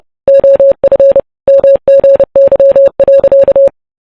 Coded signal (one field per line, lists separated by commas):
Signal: Morse code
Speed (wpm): 28 wpm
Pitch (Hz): 550 Hz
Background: none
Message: OF MGY.